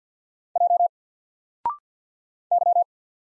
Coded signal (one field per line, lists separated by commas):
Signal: Morse code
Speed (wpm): 48 wpm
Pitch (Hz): 700 Hz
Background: none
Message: J Y